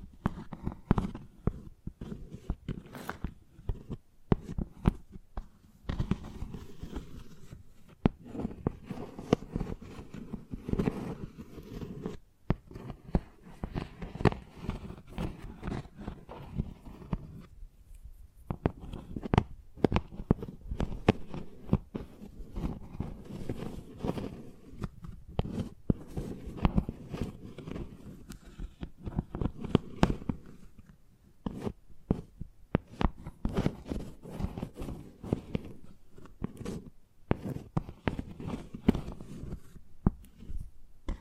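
Chalk taps, scratches and carves in dense, irregular bursts of short, dry, crunchy strokes, with a brief pause around eighteen seconds.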